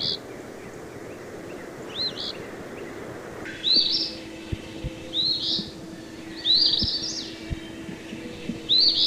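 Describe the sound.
Eastern phoebe calling, a sharp two-part buzzy note repeated several times, over a steady low hum with scattered clicks later on.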